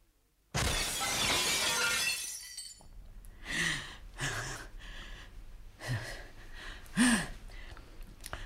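A large shop window pane shatters in the middle of the night with a loud, bright crash lasting about two seconds, followed by scattered tinkling shards and a few gasping breaths.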